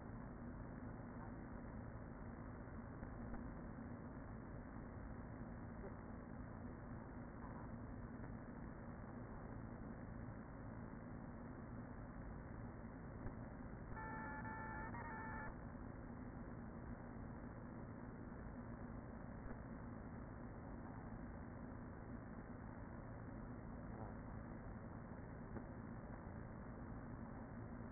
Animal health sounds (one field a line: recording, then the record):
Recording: honeybee colony, microphone inside the hive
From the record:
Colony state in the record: queen present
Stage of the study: after two queens were removed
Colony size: about 40,000 bees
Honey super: no